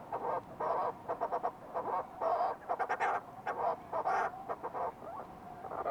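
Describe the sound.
Fulmar prion calls: rough, throaty croaks in short bursts separated by brief pauses.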